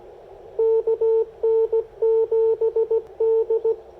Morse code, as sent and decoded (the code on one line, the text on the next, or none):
-.- -. --... -..
KN7D